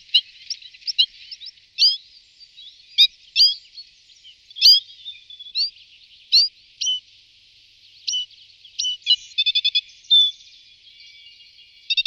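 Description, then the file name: Citril finch calls: short, high, slurred chirps given singly at irregular intervals, with a brief rattling series of quick notes later on. "čížek-citrónový"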